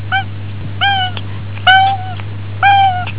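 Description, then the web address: Cat meowing, four short harmonic mews spaced less than a second apart, each slightly falling, over a steady low electrical hum. "hitosi-s cat"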